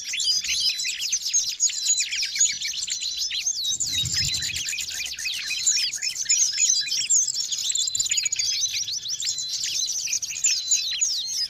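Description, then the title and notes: Birds singing in a dense, continuous high-pitched chorus of overlapping chirps, twitters and rapid trills without pause, with a brief low thump near the four-second mark. Noisy birds, used as a lure to attract wild birds. "Master Burung Ribut Durasi Panjang. Burung Ribut Pikat"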